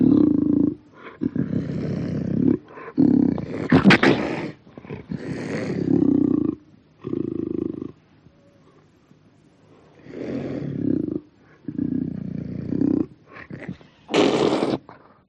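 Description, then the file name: Panther growling in rough, low rumbling bursts of about one to two seconds, split by silences, with a few harsher snarling peaks. "audio hero Panther"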